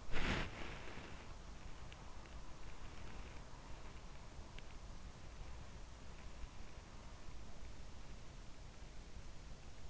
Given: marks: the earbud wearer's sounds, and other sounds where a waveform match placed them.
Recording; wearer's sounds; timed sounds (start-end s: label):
sounds in sleep by an in-ear microphone; body movement
0.00-2.14 s: body movement